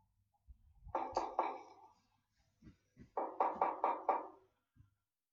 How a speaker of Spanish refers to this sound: Al rato, Caperucita llamó a la puerta.